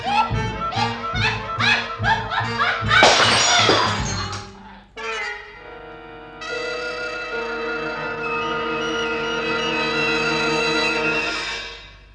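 Rhythmic, ringing musical strikes build into a loud, bright burst of a glass bottle shattering, followed by a sustained, shimmering chord that swells and fades.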